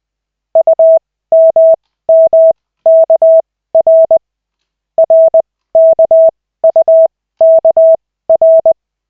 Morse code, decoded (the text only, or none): UMMKR RKUKR